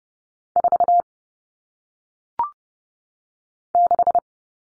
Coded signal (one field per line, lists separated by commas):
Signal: Morse code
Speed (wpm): 30 wpm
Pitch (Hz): 700 Hz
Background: none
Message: 4 6